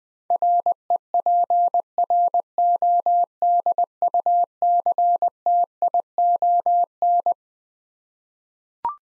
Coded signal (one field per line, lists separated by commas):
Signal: Morse code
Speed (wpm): 21 wpm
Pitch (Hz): 700 Hz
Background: none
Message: REPRODUCTION